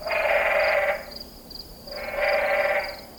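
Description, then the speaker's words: Spadefoot toad calls: two long bleats about a second each, separated by a pause, over a steady high pulsing tone. Desert of southern Arizona during the monsoon; many toads gather at temporary pools from summer rains to mate, calling loudly enough to frighten people nearby. "Spadefoot toads and their cousins get so noisy, in fact, that they occasionally frighten humans in the area."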